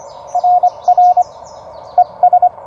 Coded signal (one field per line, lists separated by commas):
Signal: Morse code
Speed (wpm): 18 wpm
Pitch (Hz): 690 Hz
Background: none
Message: RR ES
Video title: CW Copy Practice and Surprise meet up with Michael N7CCD